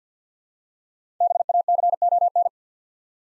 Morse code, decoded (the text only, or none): BACON